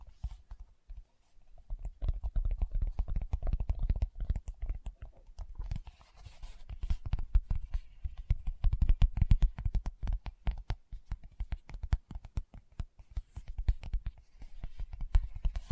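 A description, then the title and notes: Fingertips tap rapidly and unevenly on a surface, producing soft, dull knocks with a low thump and a faint click on top. The taps come in dense bursts with brief pauses near the start and around six and twelve seconds. ASMR Tapping with Fingertips (No Talking).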